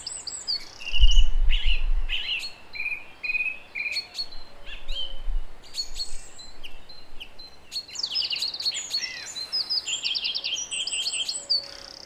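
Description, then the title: Song thrush song, short phrases each repeated several times, shifting to rapid repeated notes later, with a brief low thump early on. Song at 06h. "Zanglijster 06h Durenne2"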